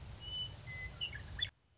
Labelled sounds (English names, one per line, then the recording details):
Western Meadowlark
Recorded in Sonoma County, California